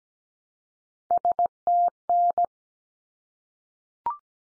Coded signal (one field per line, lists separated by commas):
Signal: Morse code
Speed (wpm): 17 wpm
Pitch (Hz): 700 Hz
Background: none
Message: STN